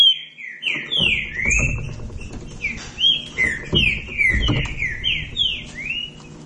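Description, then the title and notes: Green-winged saltator song: bright whistled notes sliding downward and upward in a lively chain, several phrases in quick succession over soft low background noise. Classic song style (canto clássico) used as a training recording. "Canto Clássico Trinca Ferro TREINAMENTO. trinca fero"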